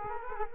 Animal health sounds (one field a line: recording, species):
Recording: mosquito wingbeat signal from an infrared sensor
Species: Culex quinquefasciatus